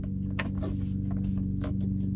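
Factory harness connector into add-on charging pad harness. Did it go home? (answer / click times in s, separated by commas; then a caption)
yes / 0.4 s. A GM truck's factory wiring connector is pushed into the round end of the supplied harness, which carries a 3-amp fuse, for a Boost Auto Parts wireless charging pad in a Silverado, Sierra or SUV. The connector's retainer clicks in with a sharp snap at 0.4 s, and two softer ticks follow at 1.2 s and 1.6 s over a steady low hum. The connector is seated.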